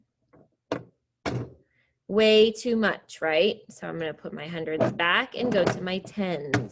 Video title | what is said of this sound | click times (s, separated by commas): 4th grade Oct 19 Pushes and Pulls | and i need to listen for it to click into place | 0.7 s